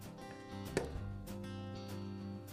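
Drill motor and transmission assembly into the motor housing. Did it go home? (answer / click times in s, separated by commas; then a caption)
yes / 0.8 s. The motor and transmission assembly of a DeWALT hammer drill is placed back into its plastic motor housing and aligned, with steady music playing underneath. A sharp snap at 0.8 s marks the assembly seating into the housing.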